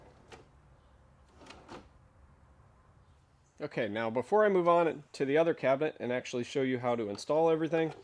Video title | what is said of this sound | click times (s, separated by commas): How to Install Undermount Drawer Slides | And then you can just push it forward, and it clicks into place. | 0.3 s, 1.5 s